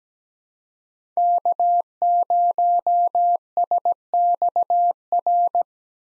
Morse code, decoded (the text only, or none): K0SXR